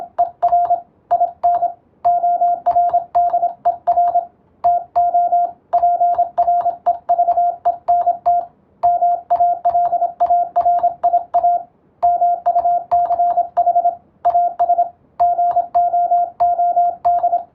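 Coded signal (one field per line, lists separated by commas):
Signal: Morse code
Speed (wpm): 26 wpm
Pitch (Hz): 700 Hz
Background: radio noise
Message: ER IN ORDER TO PREVENT MALARIA MUCH AS GOOD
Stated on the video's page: Morse sending and receiving practice for the Japanese radiotelegraph operator licence exam, using a European-language telegram practice book.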